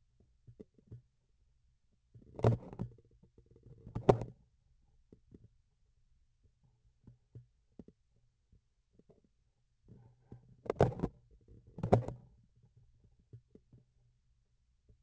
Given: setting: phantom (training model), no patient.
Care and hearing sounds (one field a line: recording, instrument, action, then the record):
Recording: laparoscopic instrument, vibration sensor on the handle end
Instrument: grasping forceps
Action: opening and closing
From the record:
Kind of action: tool actuation without material contact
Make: other than Olympus